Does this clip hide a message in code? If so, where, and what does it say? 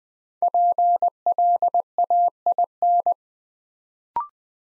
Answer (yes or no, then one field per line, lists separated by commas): yes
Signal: Morse code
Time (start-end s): 0.4-3.1 s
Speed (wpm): 20 wpm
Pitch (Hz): 700 Hz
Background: none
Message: PLAIN